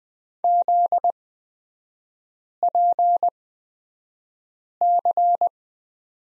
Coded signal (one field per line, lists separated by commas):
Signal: Morse code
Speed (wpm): 20 wpm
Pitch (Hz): 700 Hz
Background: none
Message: ZPC